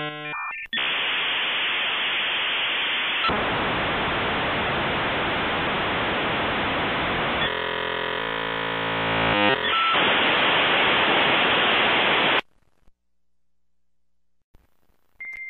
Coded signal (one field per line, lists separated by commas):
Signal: dial-up modem handshake